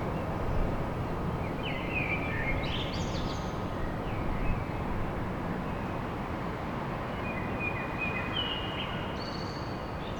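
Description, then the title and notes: Common blackbird giving two mellow warbled phrases with thin high squeaks at their ends, separated by a pause, against heavy constant traffic-like rumble. Song of a blackbird recorded at dawn in Paris. "Blackbird Poetry At Paris. Enregistrement d'un chant de merle à l'aube dans Paris"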